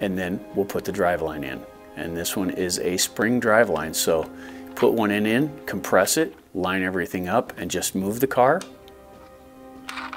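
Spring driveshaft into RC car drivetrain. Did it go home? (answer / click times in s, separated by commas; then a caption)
yes / 9.9 s. Someone talks while a spring-loaded driveshaft is compressed, lined up and fitted into the drivetrain of an Arrma Granite 3s RC car, and the car is moved until the shaft end snaps into its cup. A sharp click at 9.9 s marks the shaft seating in place.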